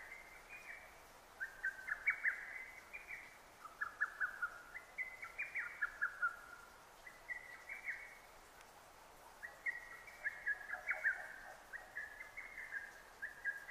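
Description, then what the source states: Lesser cuckoo with hurried, tumbling phrases of sharp notes at slightly different pitches, over soft hiss. 6 June 2009.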